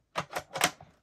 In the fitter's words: slide it in it clicks into place